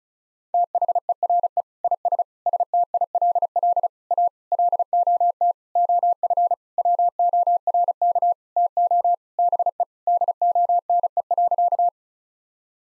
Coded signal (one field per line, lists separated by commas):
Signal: Morse code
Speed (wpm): 36 wpm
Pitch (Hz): 700 Hz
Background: none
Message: THERE IS STILL A LOT OF WORK TO BE DONE.